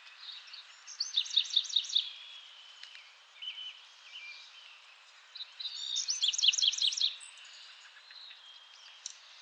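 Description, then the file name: Bewick's wren singing twice: quick high trilled phrases with buzzy notes, separated by a pause with softer chirps, against constant environmental hiss. Recorded in Hyde Park on 20 February 2019 at 08:02. "Hydep BEWR"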